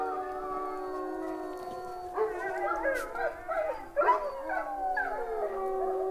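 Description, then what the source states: Wolf howls, a steady low tone joined midway by a burst of wavering, yipping howls from several animals. Several wolves howling together, described as howling at the moon.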